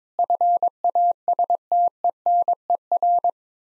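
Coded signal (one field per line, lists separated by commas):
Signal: Morse code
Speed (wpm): 22 wpm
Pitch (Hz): 700 Hz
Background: none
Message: FASTENER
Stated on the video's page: Morse practice of difficult words at 22 wpm with context hints, speed-racing format.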